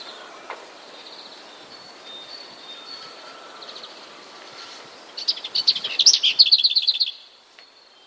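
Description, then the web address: Lesser Whitethroat song: faint high twittering for several seconds, then a loud, fast rattle of repeated high notes lasting about two seconds. "wroblowe kolekcja piegza"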